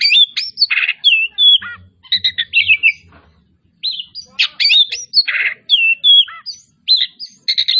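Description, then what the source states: Oriental magpie-robin singing rapid varied phrases of sharp whistles, downslurred notes and harsh buzzy notes, with brief pauses and faint low thumps. Kacer Tretes type, singing persistently and vigorously (gacor).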